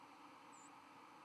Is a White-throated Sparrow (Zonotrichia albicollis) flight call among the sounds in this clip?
no